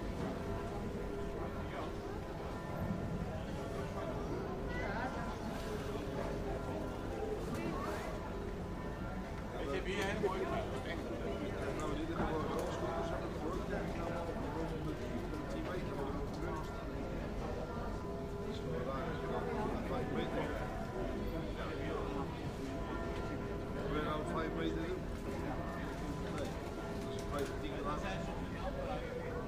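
A busy fruit market hums with overlapping voices, a steady crowd chatter that never drops out across the half minute. Brief louder calls and clatters pop up now and then, while a low rumble, possibly passing vehicles, sits underneath throughout.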